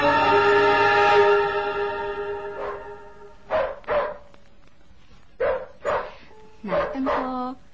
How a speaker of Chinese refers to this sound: 你又买只狗翻嚟几好呢？喺外边吠几下，我哋做主人嘅个心一定啲啊！